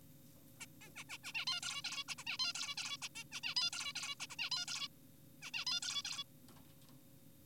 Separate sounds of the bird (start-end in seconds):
0.61-0.66, 0.82-0.90, 0.96-1.04, 1.10-1.18, 1.24-1.32, 1.34-1.45, 1.47-1.60, 1.63-1.82, 1.84-2.04, 2.08-2.15, 2.18-2.24, 2.27-2.38, 2.40-2.53, 2.55-2.75, 2.78-2.97, 3.02-3.08, 3.16-3.24, 3.32-3.41, 3.44-3.54, 3.56-3.70, 3.73-3.93, 3.96-4.15, 4.20-4.27, 4.30-4.36, 4.39-4.50, 4.52-4.66, 4.68-4.88, 5.42-5.51, 5.54-5.65, 5.67-5.80, 5.82-6.02, 6.05-6.24